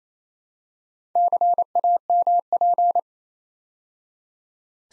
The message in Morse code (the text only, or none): CAMP